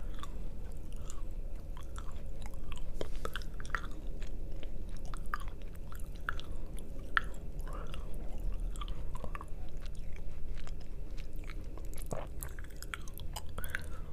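Someone eats chocolate, with steady chewing and frequent crisp little snaps and crunches scattered throughout, a sharper bite near twelve seconds. A low, constant rumble sits underneath.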